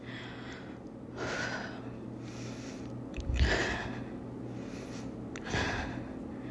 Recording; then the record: deep breathing after running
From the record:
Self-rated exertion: moderate exertion (3 of 6); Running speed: 8 miles an hour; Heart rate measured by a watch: 108 beats a minute at the start, 107 at the end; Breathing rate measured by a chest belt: 14 breaths a minute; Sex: female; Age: 28 years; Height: 155 cm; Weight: 44 kg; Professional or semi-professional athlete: no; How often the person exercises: 3 to 5 times a week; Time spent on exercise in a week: over 5 hours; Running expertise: yes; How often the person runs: 3 to 5 times a week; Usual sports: running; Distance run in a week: 45 km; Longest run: 32 km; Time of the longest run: 200 minutes